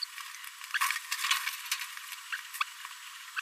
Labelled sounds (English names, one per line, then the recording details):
Green-rumped Parrotlet babbling
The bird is a male
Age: 26 days
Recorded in a nest box in Venezuela
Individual 17B42A3